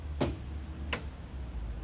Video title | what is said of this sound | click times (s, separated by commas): How to use a Fiat 500 for the Driving test "Show me, Tell me" questions | and you'll hear it pop. | 0.9 s